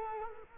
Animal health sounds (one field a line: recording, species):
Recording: mosquito wingbeat signal from an infrared sensor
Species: Culex quinquefasciatus